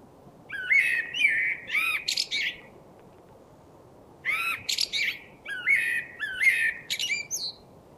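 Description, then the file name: Common blackbird song: two bursts of mellow, fluting low warbles, each ending in squeaky high twittering, separated by a pause of under two seconds. "Turdus merula"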